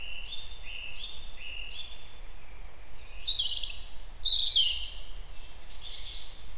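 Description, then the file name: European robin song: a few thin level whistles open, then a rich rippling burst of high trills and warbles, with a soft low rumble underneath. "Erithacus rubecula"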